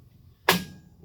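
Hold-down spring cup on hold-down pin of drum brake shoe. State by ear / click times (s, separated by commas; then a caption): seated / 0.5 s. A metal hold-down cup and spring is pressed over the hold-down pin through a GM drum brake shoe, then twisted until the pin head locks in the cup slot. A single sharp metallic hit sounds at 0.5 s against a quiet background. The cup is seated and locked on the pin.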